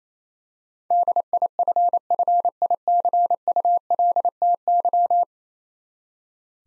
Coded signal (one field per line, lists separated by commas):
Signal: Morse code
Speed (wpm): 28 wpm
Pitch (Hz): 700 Hz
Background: none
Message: DIFFICULTY